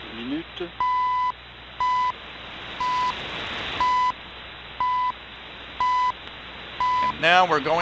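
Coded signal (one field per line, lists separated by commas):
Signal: radio time signal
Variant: CHU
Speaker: now I will switch w6 l vp lu w 6 lv beat loop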